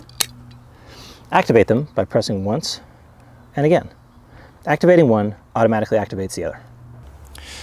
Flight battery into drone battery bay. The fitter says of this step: latch the batteries by pressing them all the way forward until they click